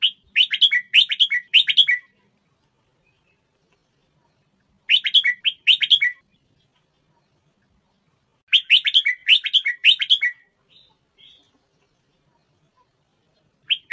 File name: tieng chao mao thai lan hot giong